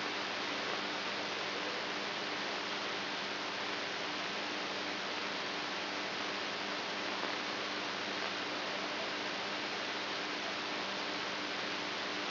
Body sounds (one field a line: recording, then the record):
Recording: brain microelectrode recording played as sound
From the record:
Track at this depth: outside the subthalamic nucleus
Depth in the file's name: 6.307 mm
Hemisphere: right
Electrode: 2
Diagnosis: Parkinson's disease